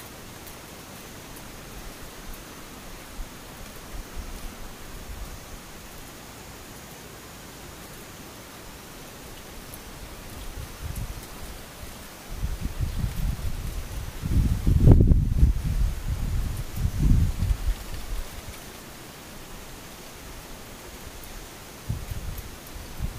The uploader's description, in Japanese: ムシ雨